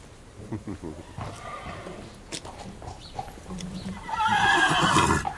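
A stallion whinnies after catching a mare's scent on a gust of wind, starting with low, rough snorts and grunts that build into a loud, shrill, drawn-out neigh near the end.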